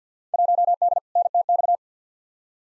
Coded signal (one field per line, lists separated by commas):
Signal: Morse code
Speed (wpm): 50 wpm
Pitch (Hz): 700 Hz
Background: none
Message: 1D NTX